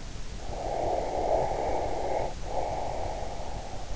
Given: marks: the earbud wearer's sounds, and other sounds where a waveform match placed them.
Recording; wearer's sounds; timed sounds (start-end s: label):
sounds in sleep by an in-ear microphone; snoring breath
0.10-3.34 s: snoring breath